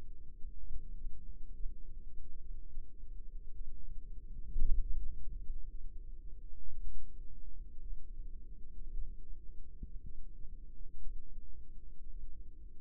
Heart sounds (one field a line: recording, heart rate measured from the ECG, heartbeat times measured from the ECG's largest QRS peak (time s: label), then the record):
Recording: heart sounds by microphone in the left ear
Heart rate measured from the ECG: 58 bpm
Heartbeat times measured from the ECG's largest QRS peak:
0.70 s: heartbeat
1.55 s: heartbeat
2.41 s: heartbeat
3.55 s: heartbeat
4.61 s: heartbeat
5.70 s: heartbeat
6.81 s: heartbeat
7.82 s: heartbeat
8.93 s: heartbeat
10.04 s: heartbeat
11.01 s: heartbeat
12.10 s: heartbeat
From the record:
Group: healthy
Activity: rest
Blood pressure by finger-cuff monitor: 104/60 mmHg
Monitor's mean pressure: 75 mmHg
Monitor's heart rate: 56 bpm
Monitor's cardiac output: 5.5 L/min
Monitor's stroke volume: 97 mL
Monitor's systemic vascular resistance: 980 dyn s/cm5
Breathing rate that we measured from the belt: 19 breaths a minute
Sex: female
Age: 28 years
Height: 170 cm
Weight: 77 kg